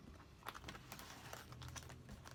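A homemade transparent plastic pocket, with small holes just punched in it, is pressed by hand onto the rings of a Project Life album. Crinkling plastic and light tapping sounds run throughout, with the sharpest hit near 0.5 s. Nothing has seated or clicked yet; the pocket is still being handled and is not yet home on the rings.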